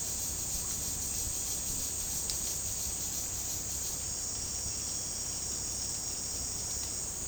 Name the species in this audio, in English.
none